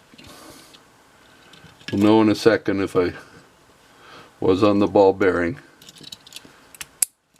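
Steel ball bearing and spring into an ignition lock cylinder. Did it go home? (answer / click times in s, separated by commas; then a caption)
yes / 7.0 s. A reinstall tool pushes a small steel ball bearing and spring back into a Ford 8-cut ignition lock cylinder while someone talks. Soft metallic clicks and fiddling around 6.1 to 6.8 s lead to a sharp metallic snap at 7.0 s as the ball bearing seats in place.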